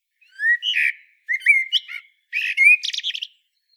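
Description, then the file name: Common blackbird singing three quick phrases in a row of rich whistles, the last ending in thin, scratchy high twittering. "Turdus merula"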